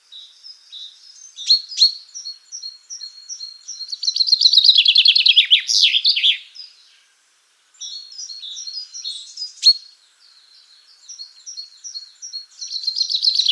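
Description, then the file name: Common chaffinch song: rapid high notes build into a loud descending rattling phrase, stop, then resume as scattered sharp notes and another loud burst. "Fringilla coelebs"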